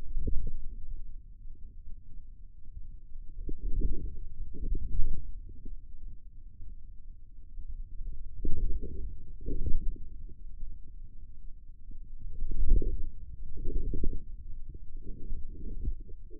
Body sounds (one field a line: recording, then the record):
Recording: forearm muscle sounds (acoustic myography)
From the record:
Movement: inward rotation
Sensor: system 2, bracelet of six BSWA MPA416 microphones around the upper forearm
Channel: 3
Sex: male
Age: 22 years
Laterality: right